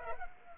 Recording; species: mosquito wingbeat signal from an infrared sensor; Culex pipiens